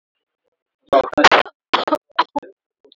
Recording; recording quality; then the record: heavy voluntary cough; excellent, no background noise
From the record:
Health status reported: COVID-19 positive, no symptoms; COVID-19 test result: positive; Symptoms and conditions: sore throat, muscle pain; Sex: female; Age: 31 years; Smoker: not ticked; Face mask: worn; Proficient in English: yes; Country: India